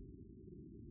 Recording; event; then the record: neck accelerometer signal played as sound; no cough (speech, laughter, throat clearing or background)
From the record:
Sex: male